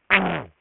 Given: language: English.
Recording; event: throat vibration sensor signal played as sound; throat clearing